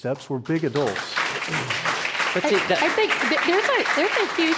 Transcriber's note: applause